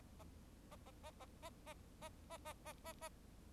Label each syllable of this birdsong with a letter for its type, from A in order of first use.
A A A A A A A A A A A A